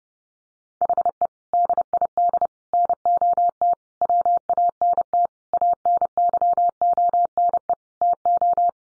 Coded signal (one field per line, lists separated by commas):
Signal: Morse code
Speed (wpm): 30 wpm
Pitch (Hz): 700 Hz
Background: none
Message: HE DID NOT WANT ANYONE TO